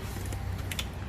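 An aluminium motorcycle top box is slid a little forward on its base plate on a PANTHER P46LBO rear rack of a CT125 and pressed down so its pins engage the locking latch. Over a low steady rumble and a softer knock near 0.3 s, a sharp double click sounds at 0.7 s and 0.8 s as the box locks fully onto the mounting plate.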